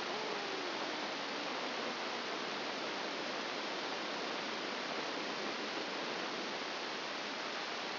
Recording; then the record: brain microelectrode recording played as sound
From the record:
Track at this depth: inside the subthalamic nucleus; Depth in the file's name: 1.505 mm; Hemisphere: left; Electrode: 2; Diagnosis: Parkinson's disease